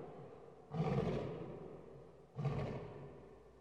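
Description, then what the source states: Lion roar, two deep rumbling bursts about one and a half seconds apart, each fading gradually. Long roar.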